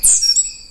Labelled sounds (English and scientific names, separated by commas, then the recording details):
Stitchbird (Notiomystis cincta) song
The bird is a male
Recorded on Tiritiri Matangi Island, New Zealand, in 2005
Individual 16, of nest box 24